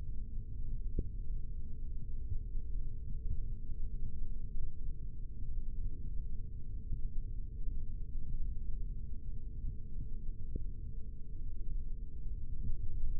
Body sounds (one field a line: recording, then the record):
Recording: forearm muscle sounds (acoustic myography)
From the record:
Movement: rest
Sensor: system 3, bracelet of six PUI Audio POM-2738L microphones around the upper forearm, with dedicated amplification and filtering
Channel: 6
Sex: male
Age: 26 years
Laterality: right